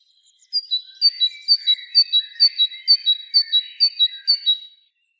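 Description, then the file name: Great tit giving a loud, steady series of high, piercing two-note phrases in quick, regular succession, then stopping. "Parus major"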